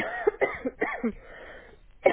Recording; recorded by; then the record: voluntary cough; telephone call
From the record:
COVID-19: positive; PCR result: self-reported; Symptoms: no